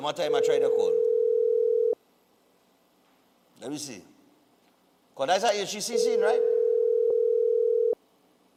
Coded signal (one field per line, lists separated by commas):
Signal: telephone call progress tone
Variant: North America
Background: speech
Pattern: ringback tone